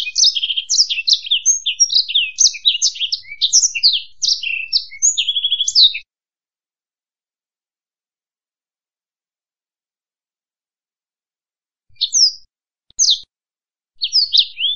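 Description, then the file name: Black-throated canary song: six seconds of rapid, high, jumbled chirps and trills, then long silence broken by a few short twittered phrases. "suara burung blackthroat"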